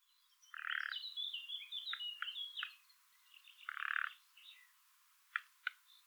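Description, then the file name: Common nightingale singing in short varied phrases: chirps, whistled notes and two harsh buzzy bursts, then a pair of sharp clicks near the end. "Luscinia megarhynchos"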